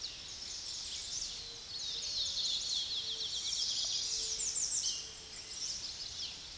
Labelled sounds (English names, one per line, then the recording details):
American Redstart song
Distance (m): 40 m
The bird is about 15 m above the microphone
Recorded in a Pennsylvania forest on 16 May 2024 at 06:13
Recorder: AudioMoth, point MSD-0263
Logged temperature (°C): 16.0 °C
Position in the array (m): 116 m, 231 m